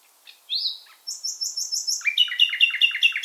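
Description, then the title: Common nightingale singing an upslurred whistle, then a string of high repeated notes that switches into a lower, stuttering, rapidly repeated series. African migrant species; bird singing in full voice. "LS REVISITED - NIGHTINGALE IN FULL VOICE"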